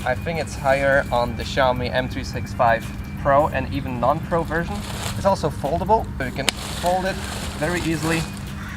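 Someone talks while the steering column of an electric scooter is handled and folded down toward its folding latch. Nothing has seated or clicked yet; the latch has not locked into place by the end.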